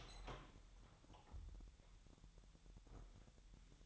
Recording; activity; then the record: daily activity, microphone in the room; open door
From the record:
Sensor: 3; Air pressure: 1001.2 hPa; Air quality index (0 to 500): 249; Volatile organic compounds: 176 ppm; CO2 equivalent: 4128 ppm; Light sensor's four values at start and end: 11/27/11/11 and 12/28/11/11